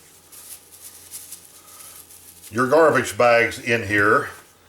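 Someone handles the plastic seat of a TRIPTIPS collapsible folding toilet, with soft rubbing and scraping for the first two and a half seconds before someone talks over the rest of the clip. The seat is being handled but has not yet been flipped back onto the base, and nothing has snapped or locked into place yet.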